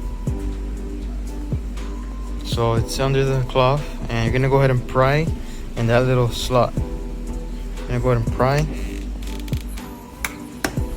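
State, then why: Released. Someone talks over background music while prying the rear wing (spoiler) trim on a Honda Fit (GE8) hatchback, working under a cloth to protect the paint. A plastic retaining clip in the spoiler mount snaps loose with sharp snaps at about 10.3 s and 10.7 s, releasing the trim.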